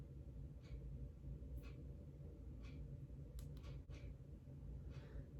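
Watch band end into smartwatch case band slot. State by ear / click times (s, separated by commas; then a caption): seated / 3.4 s. A band end for an Apple Watch Series 5 Nike Edition smartwatch is slid into the band slot on the watch case against a steady low hum, with faint brief scraping sounds along the way. One sharp, short click comes at 3.4 s as the band snaps in, and that side is seated.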